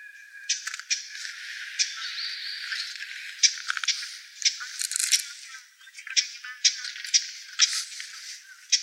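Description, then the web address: Japanese bush warbler uttering dry, scratchy chip notes repeated irregularly, roughly twice a second in places, over a steady faint hiss. Recorded on 19 December 2016. "birdenaga uguisu"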